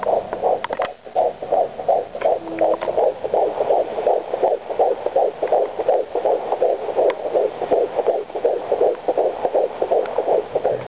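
Rapid, steady whooshing pulses at about 167 beats per minute, with a faint hum underneath. The fast rate and swishing quality fit a fetal heartbeat picked up by Doppler.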